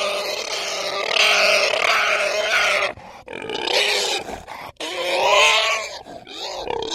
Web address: Birds And Animals Pig Squeals